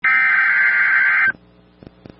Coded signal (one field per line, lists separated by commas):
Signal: Emergency Alert System (SAME) tones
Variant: header bursts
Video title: Tornado Warning (4/17/26) [EAS #393]